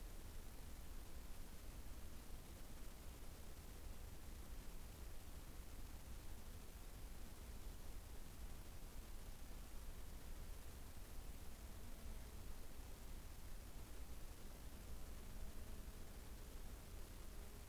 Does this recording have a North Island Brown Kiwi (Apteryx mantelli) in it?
no